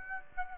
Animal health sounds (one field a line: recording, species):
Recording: mosquito wingbeat signal from an infrared sensor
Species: Aedes aegypti